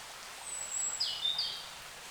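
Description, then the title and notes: Birds giving a thin, high whistle followed by quick sharp notes, over background hiss. Wild birds in forest along a small branch of the Dordogne at the exit of Carennac, France; recorded with a Zoom H5 and XYH-5 microphone. "Carennac - Oiseaux de la Dordogne. Oiseaux Loire forêt Carennac. A la sortie de Carennac, le long d'un petit bras de la Dordogne, les oiseaux dans la forêt Zoom H5 + XYH-5"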